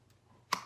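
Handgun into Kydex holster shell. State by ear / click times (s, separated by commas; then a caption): seated / 0.5 s. A handgun is pushed into a Kydex IWB holster and snaps into its retention with one sharp click at 0.5 seconds. The pistol is seated and held by the holster.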